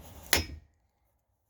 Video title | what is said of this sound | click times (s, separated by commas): 2021 can am xmr half windshield installation | pretty hard but it snaps right in there locks in | 0.3 s